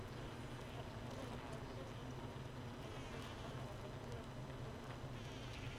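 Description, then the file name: Honey bee hive drone, an unbroken low buzzing hum with steady layered tones and light scattered crackles over the whole stretch. Honey bee hive without a queen, hive 1, 31 May 2018. "Hive 1 31 05 2018 NO Queen Bee"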